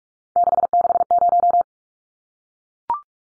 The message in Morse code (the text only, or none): 660